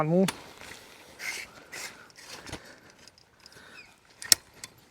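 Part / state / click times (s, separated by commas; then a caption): telescoping tent frame leg into its locking sleeve / seated / 4.3 s. Someone talks as the final telescoping leg of an OzTrail Fast Frame Ensuite Single shower bathroom tent frame is pulled up into its locking sleeve, with a few faint clicks and rustles. At 4.3 s, a sharp, loud click sounds as the leg's spring button snaps into the lock hole. The last leg is seated and the frame is assembled.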